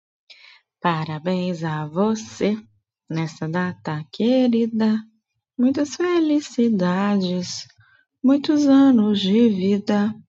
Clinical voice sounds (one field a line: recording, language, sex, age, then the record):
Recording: short text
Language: Brazilian Portuguese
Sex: female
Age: 30 to 39 years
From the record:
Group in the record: control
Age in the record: 34 years